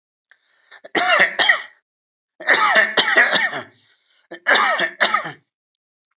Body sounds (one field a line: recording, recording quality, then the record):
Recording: heavy voluntary cough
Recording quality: excellent, no background noise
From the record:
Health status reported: healthy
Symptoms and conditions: hypertension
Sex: male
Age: 62 years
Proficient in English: yes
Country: India